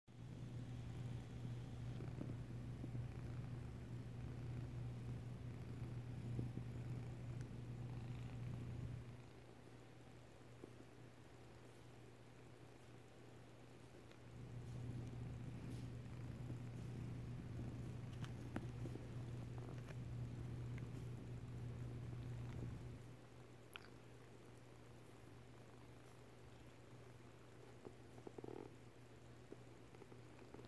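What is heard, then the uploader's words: A cat purrs in a low, steady rumble that runs from 0–9 and 14–23 seconds, with soft scratchy taps and rustles throughout. Cat solicitation purrs and kneading.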